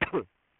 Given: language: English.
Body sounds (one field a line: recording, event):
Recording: throat vibration sensor signal played as sound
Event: cough